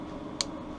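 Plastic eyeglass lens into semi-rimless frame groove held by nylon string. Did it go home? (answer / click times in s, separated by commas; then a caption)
yes / 0.4 s. A cut plastic prescription lens is seated in the top groove of a Polo 5089 semi-rimless eyeglass frame while its nylon string is pulled under the lens with a strap, working from the outside corner towards the nose. A single sharp, bright snap at 0.4 s stands out over a low, steady background. The lens snaps into place and is seated in the frame.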